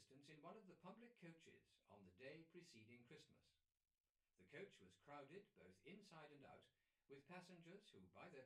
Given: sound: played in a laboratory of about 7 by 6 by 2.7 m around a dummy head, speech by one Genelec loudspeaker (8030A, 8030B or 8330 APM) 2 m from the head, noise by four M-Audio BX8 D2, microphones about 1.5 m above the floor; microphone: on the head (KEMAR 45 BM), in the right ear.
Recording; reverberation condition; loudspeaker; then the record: male speech in English; low; 120 degrees to the left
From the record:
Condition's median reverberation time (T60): about 310 ms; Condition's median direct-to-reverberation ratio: about 3.5 dB